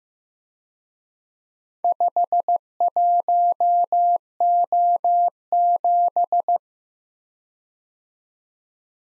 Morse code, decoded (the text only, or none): 51O7